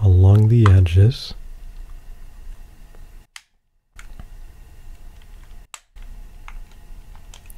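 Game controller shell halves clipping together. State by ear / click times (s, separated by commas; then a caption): seated / 3.4 s, 5.7 s. Someone talks briefly, then presses the two plastic halves of a game controller shell together along the edges. Sharp clicks sound at 3.4 s and 5.7 s as the clips snap home, with fainter ticks in between. The shell halves are seated.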